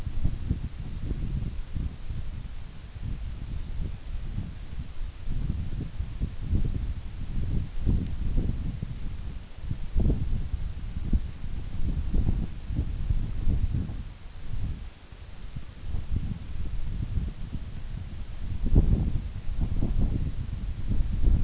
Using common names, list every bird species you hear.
none